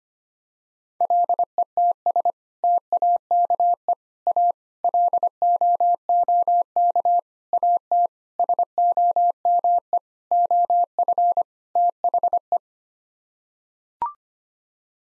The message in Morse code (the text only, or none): LETS TAKE A LOOK AT SOME OF THE